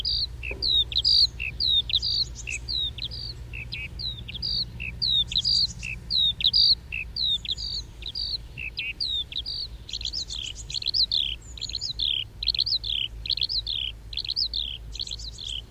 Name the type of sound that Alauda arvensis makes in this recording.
flight song